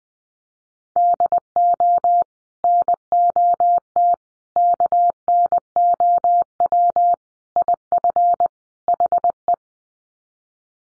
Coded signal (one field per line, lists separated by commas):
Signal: Morse code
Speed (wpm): 20 wpm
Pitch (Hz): 700 Hz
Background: none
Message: DO NOT KNOW IF HE